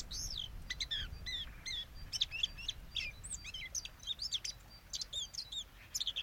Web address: SETE data Sylvia atricapilla